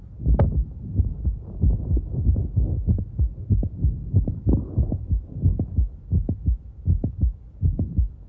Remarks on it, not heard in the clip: Ventricular cavity volume will grow and mitral valve prolapse will occur later. The click is very close to the first heart sound. We have a mid-systolic click that is coherent or can be moved with various maneuvers.